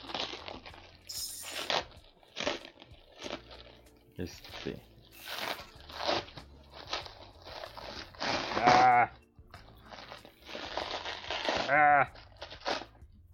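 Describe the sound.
Crinkly plastic shrink wrap around an English-language edition being picked at and torn open by hand, without scissors, in a series of short, crackling rips and rustles, building to two louder, longer tearing bursts toward the end, with a voice speaking faintly at times.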